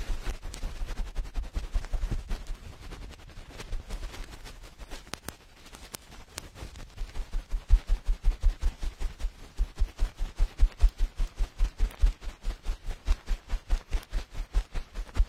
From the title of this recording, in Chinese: 棉棒清理你耳朵里的脏东西